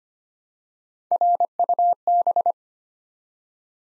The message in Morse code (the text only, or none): RUB